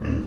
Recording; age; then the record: pig call; growing-finishing pig (85 days or more)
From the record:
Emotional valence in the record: negative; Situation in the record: barren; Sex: female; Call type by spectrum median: low-frequency call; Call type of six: low-frequency stable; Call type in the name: low-frequency stable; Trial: 3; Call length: 0.27 s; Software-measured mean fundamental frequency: 40 Hz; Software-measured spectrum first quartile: 100 Hz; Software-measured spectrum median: 206 Hz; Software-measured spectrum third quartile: 370 Hz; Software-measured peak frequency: 268 Hz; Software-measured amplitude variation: 170 dB a second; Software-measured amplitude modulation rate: 23.8 a second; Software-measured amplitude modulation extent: 7.1 dB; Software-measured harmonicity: -2.2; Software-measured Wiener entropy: -0.58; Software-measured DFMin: 821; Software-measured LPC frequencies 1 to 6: 288, 1123, 1750, 2693, 4134, 4909 Hz